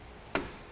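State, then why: Seated. A Kuat NV 2.0 two-bike rack, empty, on the hitch mount of a 2017 Subaru Outback Wagon: its fold-up latch is pulled and the rack is pushed up against the vehicle into its stowed position. A single sharp click is heard at 0.4 seconds, then fades quickly. The latch locks the rack into place at the hitch mount pivot.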